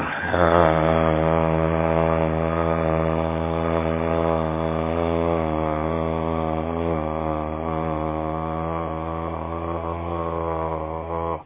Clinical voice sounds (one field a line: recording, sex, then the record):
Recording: sustained vowel /a/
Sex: male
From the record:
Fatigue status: no fatigue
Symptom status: asymptomatic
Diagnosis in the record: COVID-19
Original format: 3gp